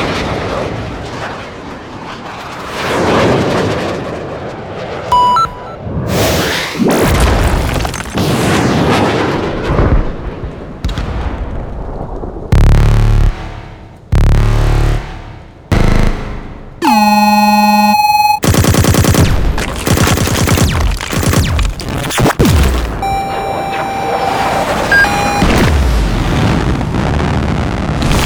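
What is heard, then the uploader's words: A montage of combat drone sounds: a low rumbling hum in the first seconds, then a run of sharp bursts, cut-off blasts and quick whooshes from about six seconds on. Around 17 and 23 seconds, bright whining tones ring over the noise, fading out near the end. Combat Drone Sound Effects.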